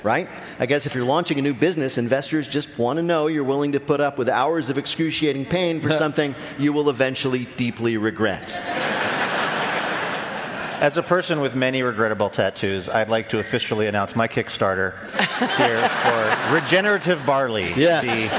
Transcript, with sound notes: I guess if you're launching a new business, investors just want to know you're willing to put up with hours of excruciating pain for something you will eventually deeply regret.
(LAUGHTER)
As a person with many regrettable tattoos, I'd like to officially announce my Kickstarter...
(LAUGHTER)
...Here for Regenerative Barley...
Yes.